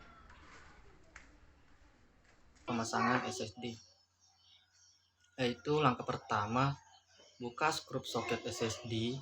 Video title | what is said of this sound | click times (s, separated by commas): Pratikum PTI Kelompok 2 | tekan setiap ujung RAM hingga muncul bunyi klik | 0.3 s, 1.2 s